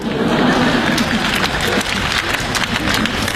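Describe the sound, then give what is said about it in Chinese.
Sustained audience applause, a dense steady wash of many hands clapping at an even loudness for the whole stretch, with faint crowd murmur mixed in. “哎呀，这个做的不错、啊、 鼓掌的都明白呀、啊，”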